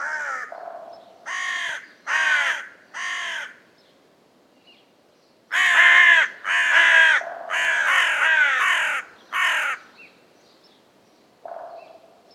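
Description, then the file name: Carrion crow cawing in rough bursts: four harsh caws, a pause, then five more loud grating caws close together, and a softer final call. "Corvus corone"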